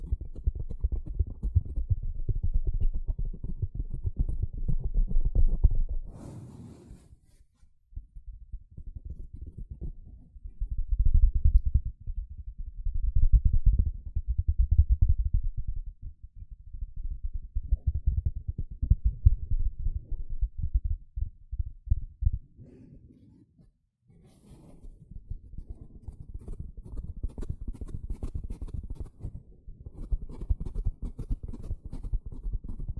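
A sponge is worked by hand in repeated scratching and squishing passes, mostly low and muffled with dense rapid crackle. Short bright scrapes flare around six seconds and again near twenty-four, where the rubbing turns grittier and steadier. Brief pauses separate the bursts.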